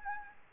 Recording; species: mosquito wingbeat signal from an infrared sensor; Aedes albopictus